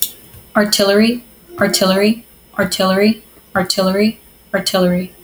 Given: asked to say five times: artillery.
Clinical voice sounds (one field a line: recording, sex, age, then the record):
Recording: repeated word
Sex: female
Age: 20 to 29 years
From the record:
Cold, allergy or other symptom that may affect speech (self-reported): no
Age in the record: 24 years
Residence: Texas, United States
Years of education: 12